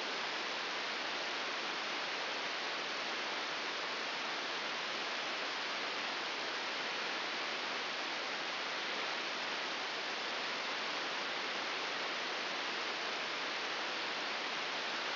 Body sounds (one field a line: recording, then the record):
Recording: brain microelectrode recording played as sound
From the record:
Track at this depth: inside the subthalamic nucleus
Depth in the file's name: 4.208 mm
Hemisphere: right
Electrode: 3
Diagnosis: Parkinson's disease